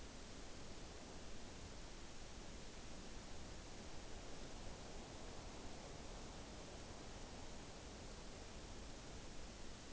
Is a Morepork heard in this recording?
no